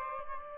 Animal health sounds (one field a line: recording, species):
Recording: mosquito wingbeat signal from an infrared sensor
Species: Aedes albopictus